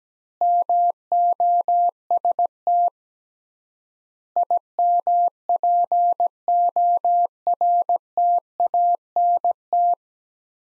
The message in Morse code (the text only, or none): MOST IMPORTANT